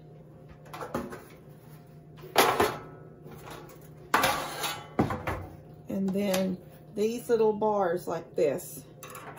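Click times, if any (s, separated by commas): none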